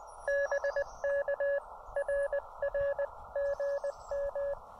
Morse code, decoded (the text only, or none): BK RR GM